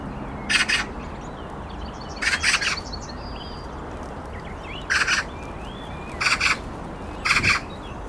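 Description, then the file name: Eurasian magpie giving harsh, rasping chatter bursts, each of a few rapid pulses, five bursts spaced irregularly, with faint thin whistles of other birds behind. "Pica pica"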